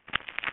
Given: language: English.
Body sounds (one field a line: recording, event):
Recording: throat vibration sensor signal played as sound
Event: throat clearing